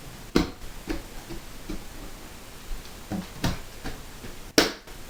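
A plastic lid, cleaned and sanitized, is pressed down onto the rim of a primary fermenter bucket and snaps home around the edge. Sharp snaps are heard at 0.4 s, 3.4 s and 4.6 s, with the last one the loudest, amid quieter pressing sounds. The lid is seated in place.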